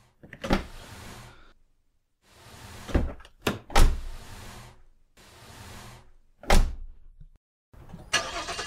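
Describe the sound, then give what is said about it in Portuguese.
Several sharp car door thunks separated by brief silences, with a low engine rumble turning over and idling between them, ending in a burst of hiss as the motor runs. “liga o carro.”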